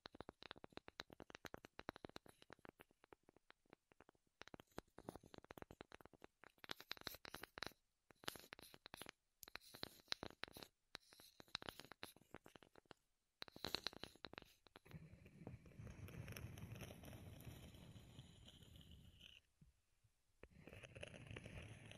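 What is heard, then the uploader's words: Wood triggers: rapid clusters of dry tapping and scratching for fifteen seconds, then a steady low rubbing rumble with a brief pause near twenty seconds. ASMR Wood Triggers in Your Ears (No Talking).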